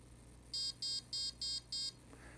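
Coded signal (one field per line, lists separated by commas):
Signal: beep code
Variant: brushless ESC programming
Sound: five short, evenly spaced, buzzy high beeps, then a faint click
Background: low electrical hum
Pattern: 5 short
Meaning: Five beeps select option 5, throttle response speed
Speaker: then for throttle response speed five beeps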